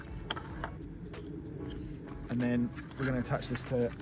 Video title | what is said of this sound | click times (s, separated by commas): Attaching the HaloVet to the Charles Owen JS1Pro and MS1 Pro type safety hats | You should hear a nice positive click once these go in. | 0.3 s